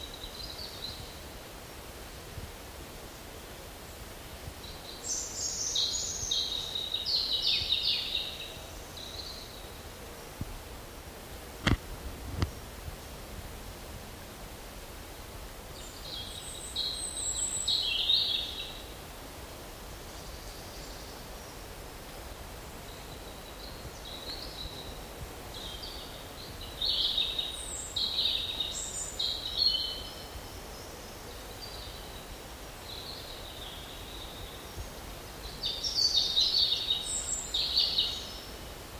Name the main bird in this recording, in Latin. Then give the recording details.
Erithacus rubecula. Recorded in the wild. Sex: male. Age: adult. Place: Mühlenbecker Wald, Brandenburg, DE. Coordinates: 52.7, 13.4. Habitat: mixed forest. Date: 1988-07-10 11:32. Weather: cloudy, ca. 17°C, winds. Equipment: Sony WM-D6C, Kopie Tesla B 116. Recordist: Tembrock, Günter